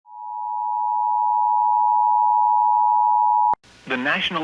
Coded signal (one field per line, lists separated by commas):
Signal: Emergency Alert System (SAME) tones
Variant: 853 and 960 Hz attention tone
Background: speech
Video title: EAS Alerts from 7/25/22 [EAS #24-28]